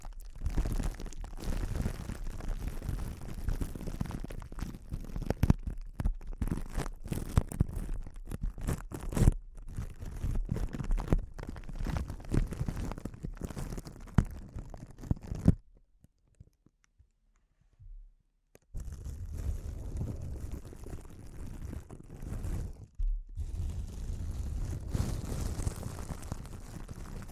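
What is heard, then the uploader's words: Crinkling sounds, dense and irregular, with many sharp crackles over a low, rumbling handling noise. The crinkling stops almost completely for about three seconds near the middle, then resumes just as busily, pausing briefly once more before the end. ASMR Sensitive Crinkles (No Talking).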